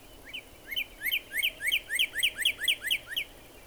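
Northern cardinal song: a rapid, steady series of about ten short slurred whistles.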